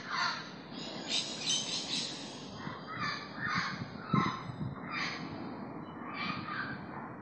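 Bird calls: repeated raspy caws scattered throughout, louder at first, with a thump midway and a constant low hum.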